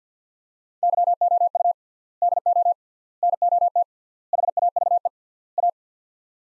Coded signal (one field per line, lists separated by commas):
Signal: Morse code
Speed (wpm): 46 wpm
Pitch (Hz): 700 Hz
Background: none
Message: YOU DO NOT HAVE A